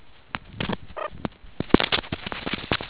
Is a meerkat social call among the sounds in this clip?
no